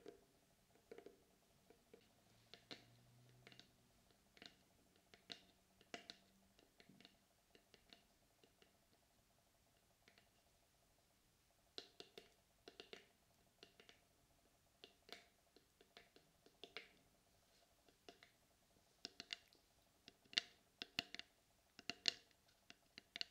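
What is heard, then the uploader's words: Dry tapping and scratching, sharp clicks arriving in irregular clusters with a pause around ten to twelve seconds. A soft low hum sits steadily underneath, and brief scraping rubs appear early on between the taps. ASMR Tapping and Scratching for Tingles.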